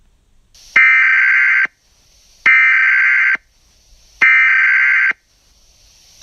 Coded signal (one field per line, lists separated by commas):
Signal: Emergency Alert System (SAME) tones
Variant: header bursts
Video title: EAS Scenario: WW2 Part 1: Attack on Pearl Harbor